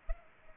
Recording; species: mosquito wingbeat signal from an infrared sensor; Culex pipiens